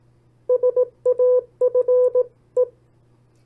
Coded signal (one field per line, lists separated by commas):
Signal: Morse code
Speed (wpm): 18 wpm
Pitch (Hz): 500 Hz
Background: none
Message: SAFE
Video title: CW Copy Practice; 10 sets of Opposite Words. Learn CW, Learn Morse Code